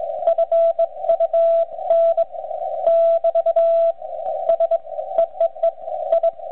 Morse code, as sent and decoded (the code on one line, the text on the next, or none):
..-. ..- -. / -...- / ... / . . . / ..
FUN <BT> S EEE I